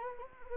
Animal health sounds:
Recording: mosquito wingbeat signal from an infrared sensor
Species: Anopheles arabiensis

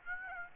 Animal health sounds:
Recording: mosquito wingbeat signal from an infrared sensor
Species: Aedes aegypti

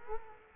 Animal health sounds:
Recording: mosquito wingbeat signal from an infrared sensor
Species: Culex quinquefasciatus

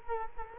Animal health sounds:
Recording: mosquito wingbeat signal from an infrared sensor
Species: Culex quinquefasciatus

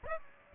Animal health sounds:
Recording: mosquito wingbeat signal from an infrared sensor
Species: Aedes aegypti

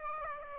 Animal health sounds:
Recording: mosquito wingbeat signal from an infrared sensor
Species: Aedes aegypti

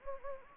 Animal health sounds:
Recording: mosquito wingbeat signal from an infrared sensor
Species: Anopheles gambiae

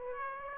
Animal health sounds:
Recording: mosquito wingbeat signal from an infrared sensor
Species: Aedes aegypti

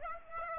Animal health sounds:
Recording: mosquito wingbeat signal from an infrared sensor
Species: Aedes aegypti

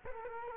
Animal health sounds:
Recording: mosquito wingbeat signal from an infrared sensor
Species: Culex quinquefasciatus

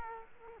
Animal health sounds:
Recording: mosquito wingbeat signal from an infrared sensor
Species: Culex quinquefasciatus

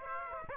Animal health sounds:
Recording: mosquito wingbeat signal from an infrared sensor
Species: Aedes aegypti

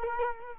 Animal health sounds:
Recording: mosquito wingbeat signal from an infrared sensor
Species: Culex quinquefasciatus

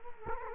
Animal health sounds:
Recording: mosquito wingbeat signal from an infrared sensor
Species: Culex quinquefasciatus

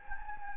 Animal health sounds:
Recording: mosquito wingbeat signal from an infrared sensor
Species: Anopheles gambiae

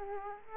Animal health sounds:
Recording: mosquito wingbeat signal from an infrared sensor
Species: Aedes aegypti

